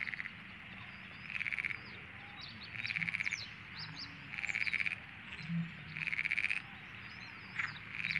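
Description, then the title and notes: Perez's frog croaking: repeated pulsed, rattling bursts, with high bird chirps above and a low droning hum beneath. Background chorus at a calm dawn, 1 May 1995, Liguaneau marsh, Camargue. "Ambiance - Marais du Liguaneau en Camargue. 01 mai 1995, lever du jour tranquille dans le marais du Liguaneau. avec en toile de fond des Grenouilles de Perez (Pelophylax perezi)"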